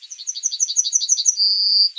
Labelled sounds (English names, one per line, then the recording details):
Yellowhammer song
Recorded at under 5 m from the bird
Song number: 123